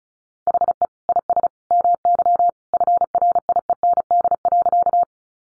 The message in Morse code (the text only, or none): HE IS MY FRIEND.